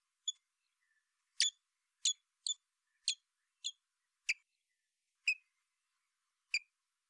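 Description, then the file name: Common blackbird calling with about nine sharp, high clicking notes spaced irregularly, roughly one every half second to a second, in otherwise quiet surroundings. "Turdus merula"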